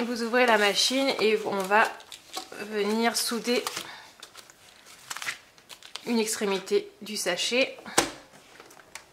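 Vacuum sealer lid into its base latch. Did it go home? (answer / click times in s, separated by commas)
yes / 9.0 s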